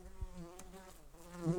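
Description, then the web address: Brown-banded carder bee buzzing as a steady low hum with rich harmonics, the pitch wavering slightly and swelling toward the end. Worker bees. "Humilis workers"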